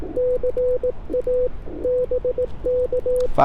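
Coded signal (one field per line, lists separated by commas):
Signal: Morse code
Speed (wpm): 18 wpm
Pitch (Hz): 500 Hz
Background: none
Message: CA BK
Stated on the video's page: Morse at 18 wpm during a POTA CW activation from a state park, IC-705 with Ashi paddle and homebrew 49:1 inverted-vee.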